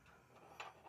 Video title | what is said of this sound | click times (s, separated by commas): Could This Replace My Leatherman ARC? - Roxon Flex Companion | So, you get the blade and then you place it here till it clicks. | 0.6 s